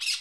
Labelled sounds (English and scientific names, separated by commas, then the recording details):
Brown-throated Parakeet (Eupsittula pertinax) contact call
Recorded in Curacao
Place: Hoffi Jan Thiel
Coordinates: 12.094, -68.877